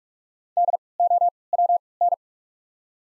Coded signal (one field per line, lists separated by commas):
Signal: Morse code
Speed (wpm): 46 wpm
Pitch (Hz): 700 Hz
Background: none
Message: DOWN